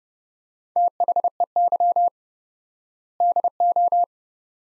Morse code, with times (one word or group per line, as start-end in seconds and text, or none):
0.8-2.1 THEY
3.2-4.0 DO